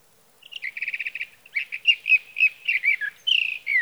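Sage thrasher song opens with a rapid stuttering series of repeated notes, then flows into varied warbled phrases and ends on a slurred whistle.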